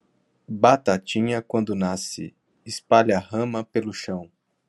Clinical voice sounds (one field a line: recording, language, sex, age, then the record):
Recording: short text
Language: Brazilian Portuguese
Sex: male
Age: 20 to 29 years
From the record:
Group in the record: control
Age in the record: 27 years